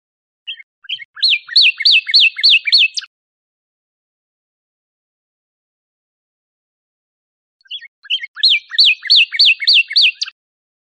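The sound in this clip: Northern cardinal giving two similar song phrases separated by several seconds of silence, each a few short notes leading into a series of loud repeated slurred whistles.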